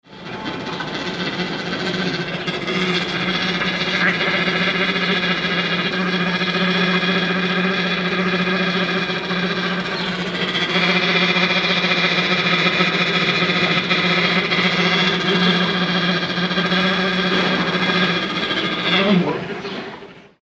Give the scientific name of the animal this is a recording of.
Melursus ursinus